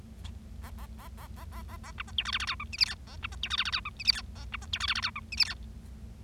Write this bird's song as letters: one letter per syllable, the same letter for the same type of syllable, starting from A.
A A A A A A A A B C D E F F G H I J K A B C D E F F G H I J K A B C D E F F G H I J K